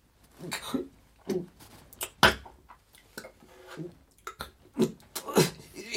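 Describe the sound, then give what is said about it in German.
A person forced to swallow from a small bottle pushed between their teeth gulps and splutters, with a series of irregular throaty coughs and choking sounds breaking out over about six seconds, some sharp and loud, others softer and wet. “als ich schließlich den Mund aufmachte, um nach Luft zu schnappen, schob er mir ein Fläschchen zwischen die Zähne. Ich musste schlucken.”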